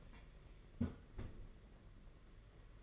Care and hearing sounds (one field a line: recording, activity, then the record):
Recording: daily activity, microphone in the room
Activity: close fridge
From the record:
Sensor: 4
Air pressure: 992.7 hPa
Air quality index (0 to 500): 167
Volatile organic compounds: 234 ppm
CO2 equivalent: 4317 ppm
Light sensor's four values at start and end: 19/67/25/25 and 19/67/25/25